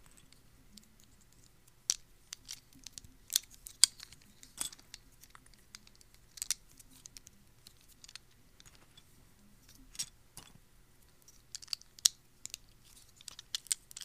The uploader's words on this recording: No to zero mouth sounds. Lego building ASMR! - clicking , clacking.